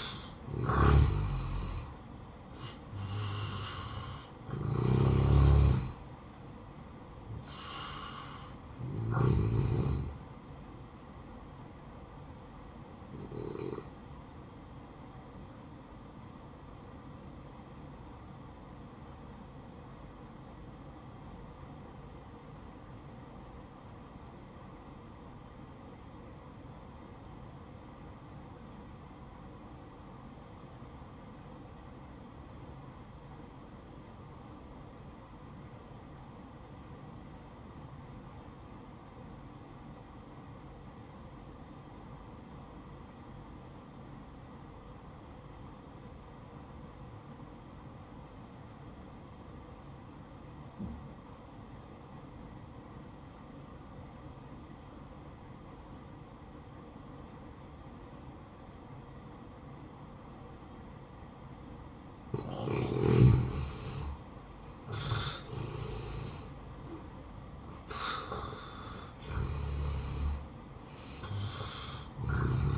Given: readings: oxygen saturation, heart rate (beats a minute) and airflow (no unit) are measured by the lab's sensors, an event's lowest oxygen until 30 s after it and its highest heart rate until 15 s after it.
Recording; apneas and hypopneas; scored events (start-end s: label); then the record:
breathing in sleep by a smartphone at the bedside; 1
16.00-65.40 s: obstructive apnea (N1, oxygen 96% highest, then 77% lowest, heart rate 63 at the start, 76 highest)
20.00-72.78 s: new sleep stage, REM sleep
From the record:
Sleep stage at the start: N1 (lightest sleep); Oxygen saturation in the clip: 80 to 96%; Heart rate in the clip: 54 to 73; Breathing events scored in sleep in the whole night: 573 in 9.8 hours asleep